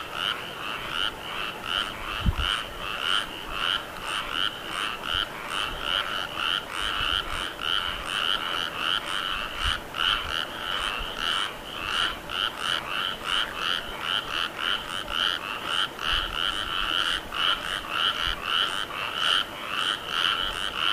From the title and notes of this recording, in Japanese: カエル。